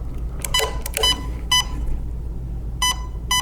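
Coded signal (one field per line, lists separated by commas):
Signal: beep code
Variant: Arcturus airsoft MOSFET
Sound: three short electronic beeps half a second apart, then two more beeps with mechanical clicks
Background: mechanical clicks, handling noise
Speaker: And we got 3 beeps there, so it's set to safe semi burst.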